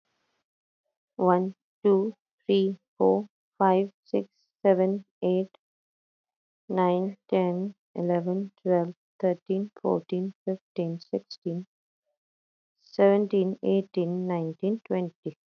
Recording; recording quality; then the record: counting at a normal pace; excellent, no background noise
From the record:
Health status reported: healthy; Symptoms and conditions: none ticked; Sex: female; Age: 36 years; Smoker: not ticked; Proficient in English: yes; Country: India